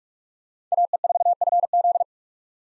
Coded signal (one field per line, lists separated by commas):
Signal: Morse code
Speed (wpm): 46 wpm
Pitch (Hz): 700 Hz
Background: none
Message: AE4FZ